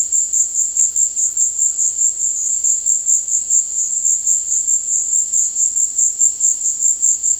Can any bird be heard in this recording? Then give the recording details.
no. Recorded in dense forest near Puerto Asís, Putumayo, Colombia, on 19 February 2024 at 16:00. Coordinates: 0.485, -76.325. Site G6429